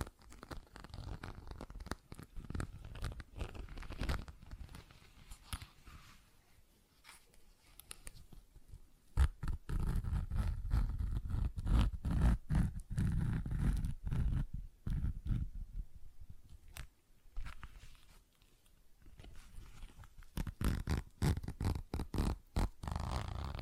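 Tapping, scratching and zipper sounds come as dense runs of sharp clicks and rasps, mostly low and rumbling with bright crisp edges. Busy stretches fill the first seven seconds and roughly 9 to 16 seconds, with quieter gaps near 7 and 17 seconds before the scratching resumes.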